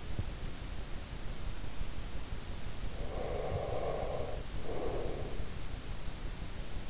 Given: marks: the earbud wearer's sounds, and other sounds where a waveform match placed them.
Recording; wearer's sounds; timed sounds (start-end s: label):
sounds in sleep by an in-ear microphone; breath
2.90-5.47 s: breath